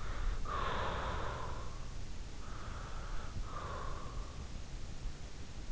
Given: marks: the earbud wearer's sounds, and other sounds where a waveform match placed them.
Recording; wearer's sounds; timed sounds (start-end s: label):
sounds in sleep by an in-ear microphone; breath
0.00-4.39 s: breath